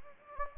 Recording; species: mosquito wingbeat signal from an infrared sensor; Anopheles gambiae